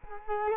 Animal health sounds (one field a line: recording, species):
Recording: mosquito wingbeat signal from an infrared sensor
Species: Culex quinquefasciatus